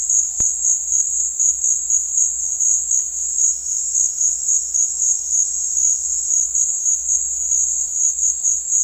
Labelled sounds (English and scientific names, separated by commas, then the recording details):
none
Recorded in secondary vegetation near Puerto Asís, Putumayo, Colombia, on 9 March 2025 at 16:30
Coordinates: 0.499, -76.323
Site G094